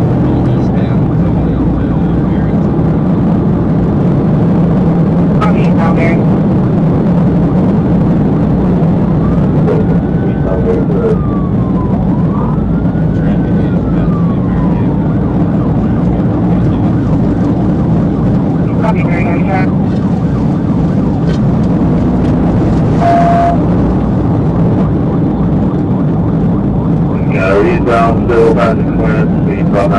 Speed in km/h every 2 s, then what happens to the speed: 158, 158, 158, 158, 158, 155, 148, 151, 158, 155, 155, 159, 155, 145, 140.
0-13 slows to 148. 13-15 speeds up to 158. 15-23 steady at about 155. 23-30 slows to 140.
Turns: none.